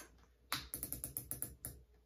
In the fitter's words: did you hear that okay that means it's tighten up it's not coming out anymore